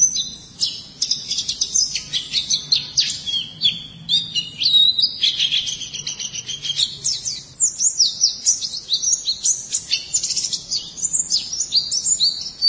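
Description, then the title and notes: White-eye song, a long, fast, high warble of sweeping and twittering notes, fairly dense and unbroken, over a low hum. "Suara kicauan burung pleci"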